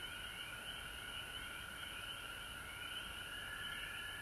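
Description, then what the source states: Frogs calling in a massed chorus, high trills pulsing and overlapping without pause. Recorded at home in Georgia on March 19, 2020.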